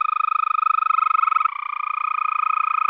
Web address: Green Toad